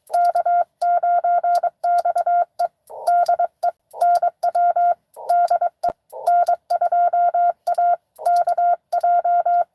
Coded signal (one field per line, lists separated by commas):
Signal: Morse code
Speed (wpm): 24 wpm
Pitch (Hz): 700 Hz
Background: none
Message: K9XE DE NW DE N2AKJ